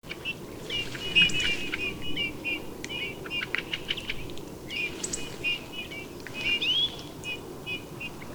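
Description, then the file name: Eurasian bullfinch calls: short soft notes and brief rising whistles in loose bursts, over a low rumbling background. "Pyrrhula pyrrhula"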